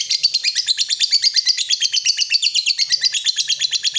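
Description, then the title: Yellow-vented bulbul chattering: a dense, rapid run of high, bright notes running unbroken through the whole stretch. Used as a bird lure (pikat). "PIKAT TRUCUKAN"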